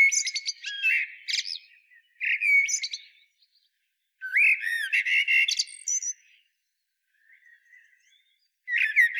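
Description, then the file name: Common blackbird song in several bursts of mellow whistles and thin, scratchy high twittering, separated by brief pauses. "Turdus merula"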